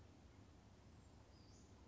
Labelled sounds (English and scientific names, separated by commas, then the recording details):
Western Flycatcher (Empidonax difficilis)
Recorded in Sonoma County, California